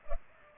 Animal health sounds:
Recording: mosquito wingbeat signal from an infrared sensor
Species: Culex pipiens

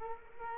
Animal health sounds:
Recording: mosquito wingbeat signal from an infrared sensor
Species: Culex quinquefasciatus

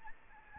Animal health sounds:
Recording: mosquito wingbeat signal from an infrared sensor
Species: Aedes albopictus

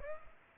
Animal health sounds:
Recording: mosquito wingbeat signal from an infrared sensor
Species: Aedes aegypti

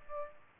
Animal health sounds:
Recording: mosquito wingbeat signal from an infrared sensor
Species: Aedes albopictus

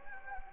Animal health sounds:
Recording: mosquito wingbeat signal from an infrared sensor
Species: Anopheles gambiae

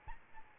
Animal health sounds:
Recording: mosquito wingbeat signal from an infrared sensor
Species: Aedes albopictus

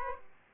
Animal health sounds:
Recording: mosquito wingbeat signal from an infrared sensor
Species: Aedes aegypti

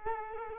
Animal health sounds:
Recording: mosquito wingbeat signal from an infrared sensor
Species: Culex quinquefasciatus

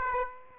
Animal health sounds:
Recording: mosquito wingbeat signal from an infrared sensor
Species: Aedes aegypti

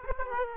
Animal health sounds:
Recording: mosquito wingbeat signal from an infrared sensor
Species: Aedes aegypti

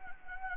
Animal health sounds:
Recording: mosquito wingbeat signal from an infrared sensor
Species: Anopheles gambiae

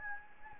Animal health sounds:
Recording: mosquito wingbeat signal from an infrared sensor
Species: Anopheles gambiae

